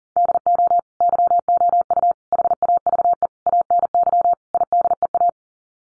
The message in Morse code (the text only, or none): DO YOU HAVE ANY IDEA